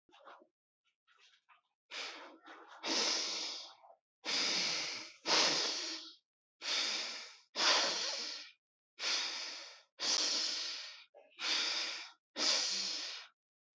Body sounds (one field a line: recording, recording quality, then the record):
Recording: deep breathing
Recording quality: excellent, no background noise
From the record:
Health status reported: healthy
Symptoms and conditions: none ticked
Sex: male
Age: 30 years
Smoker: not ticked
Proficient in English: yes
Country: India